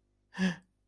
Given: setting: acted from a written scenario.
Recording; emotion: vocal sound without words; embarrassment